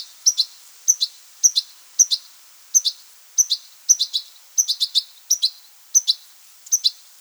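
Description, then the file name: European goldfinch calls in quick succession, high tinkling two- and three-note twitters repeated roughly every half second to second. "Carduelis carduelis"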